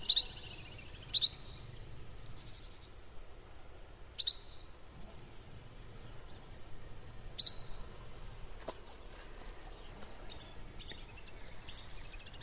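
Bird uttering sharp, high clipped notes at irregular intervals, sometimes in quick pairs, over a low hum.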